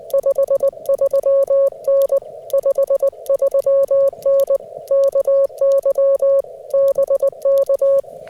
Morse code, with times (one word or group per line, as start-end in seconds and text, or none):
0.1-2.2 53N
2.5-4.6 53N
4.9-6.4 KY
6.7-8.0 BK